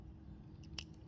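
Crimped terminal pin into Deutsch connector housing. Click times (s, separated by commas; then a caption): 0.8 s. A crimped terminal pin on a red wire is pushed into the back of a plastic Deutsch plug housing. After a faint rustle, a sharp click at 0.8 s marks the pin seating in the housing, over a steady low background hum.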